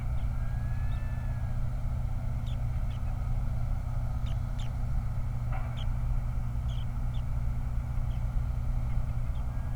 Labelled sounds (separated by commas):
songbird, loon, vehicle